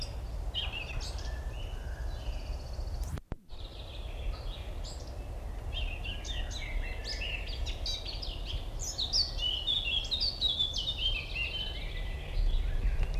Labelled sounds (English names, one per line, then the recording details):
Eurasian Blackcap song
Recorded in the wild
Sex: male
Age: adult
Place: Summt, am Buchenberg, Brandenburg, DE
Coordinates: 52.695, 13.3594
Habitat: spruce thicket
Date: 1975-05-10 14:37
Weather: partly cloudy, 20°C
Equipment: Uher CR 210, Sennheiser MD 421, Verstärker, Kopie Uher 4200
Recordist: Tembrock, Günter